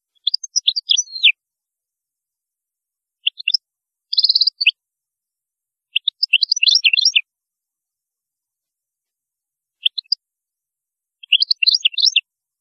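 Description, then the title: European goldfinch song in several short bursts of rapid tinkling, twittering notes, separated by silent gaps. "Chant Chardonneret"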